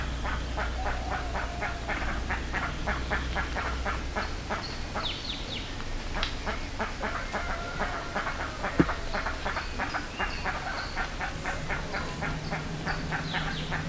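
Bird calls, long evenly paced series of short rough notes with higher whistles over them, a low hum and one sharp click.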